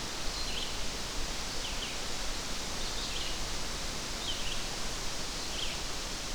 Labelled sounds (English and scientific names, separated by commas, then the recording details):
Red-eyed Vireo (Vireo olivaceus) song
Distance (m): 45 m
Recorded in boreal forest in Alberta, Canada, on 12 June 2016 at 06:38
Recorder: SongMeter 3, array SBT-3-18
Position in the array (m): 237 m, 101 m